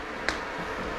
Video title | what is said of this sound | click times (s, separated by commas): GAMO MP9 1.77 C02 AIR PISTOL REVIEW & TEST (16 Rounds Of Fun) | so right yeah click this up | 0.3 s